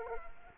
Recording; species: mosquito wingbeat signal from an infrared sensor; Culex quinquefasciatus